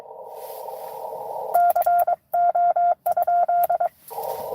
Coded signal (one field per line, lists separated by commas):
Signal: Morse code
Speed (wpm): 23 wpm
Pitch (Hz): 700 Hz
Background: none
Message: CO?